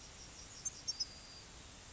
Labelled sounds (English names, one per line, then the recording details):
Yellowhammer song
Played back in grassland
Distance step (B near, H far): F
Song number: 047